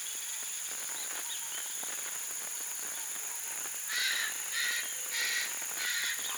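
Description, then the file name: Aplomado falcon harsh calls: four rasping bursts in quick succession in the last few seconds, after a stretch of steady hiss and faint insect-like background noise. "halconplomizo"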